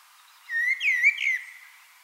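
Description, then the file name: Common blackbird whistle: one smooth, wavering whistled phrase, rising and falling slightly, lasting about a second. "Turdus merula"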